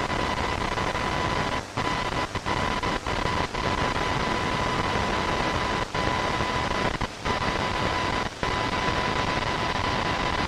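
Radio interference fills the clip as a dense, steady hiss and rumble across all pitches, with a thin constant tone whining above it. Brief dropouts break the noise several times, around 2, 3, 6, 7 and 8 seconds, giving short stuttering gaps.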